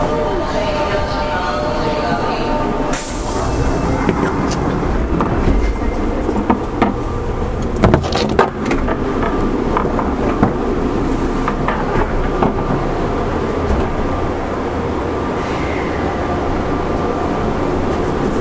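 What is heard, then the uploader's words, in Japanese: Steady, dense rumble of an electric train running, with faint whining tones, rhythmic clicks and clatter, and a brief sharp burst near three seconds. 近畿日本鉄道７０００系電車の走行音です。大阪市営地下鉄中央線への直通列車で録音しました。区間は、生駒から谷町４丁目までです。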